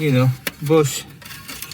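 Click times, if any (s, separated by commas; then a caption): none. Someone talks while a plastic RS3-style brake cooling air duct is handled and pushed toward its clip mount at a suspension or brake mounting point behind the wheel of an Audi A3/S3, Golf R or Cupra (MQB). Light plastic taps are heard near the end, at about 1.6 s and 1.8 s. Nothing has seated or clicked yet.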